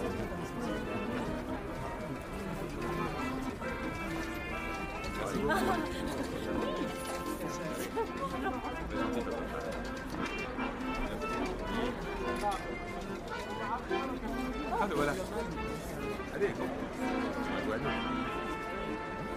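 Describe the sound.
A Parisian café late at night, full of people talking at once in a steady, dense murmur of overlapping voices. Individual voices rise above the crowd now and then, with brief clinks and knocks scattered throughout and a low hum underneath.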